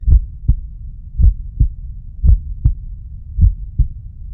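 A medium-paced adult heartbeat: paired low thumps repeat steadily at about 54 beats a minute, each strong beat followed by a softer second sound, in a normal lub-dub rhythm, with a low hum underneath.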